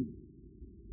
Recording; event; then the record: neck accelerometer signal played as sound; no cough (speech, laughter, throat clearing or background)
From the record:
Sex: male